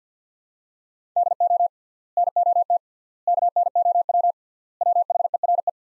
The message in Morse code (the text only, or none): DO NOT KNOW WHERE